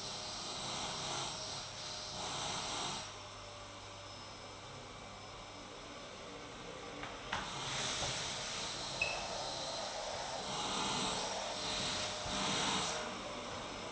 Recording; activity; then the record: daily activity, microphone in the room; vacuum cleaning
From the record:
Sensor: 3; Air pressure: 991.0 hPa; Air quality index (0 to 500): 129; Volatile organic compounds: 151 ppm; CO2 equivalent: 4026 ppm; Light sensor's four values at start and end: 30/71/29/27 and 30/71/28/27